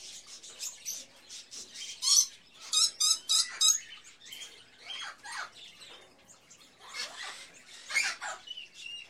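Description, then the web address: Birds twittering and chirping rapidly, a run of brisk squawks in the first half, then looser scattered calls and a few louder screeches near the end. Various birds in a pet shop, ambience. "Sound Ideas Series 2000 Birds, Various Birds In A Pet Shop, Ambience"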